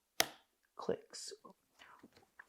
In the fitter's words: press on the top of this socket, and you'll hear two little clicks.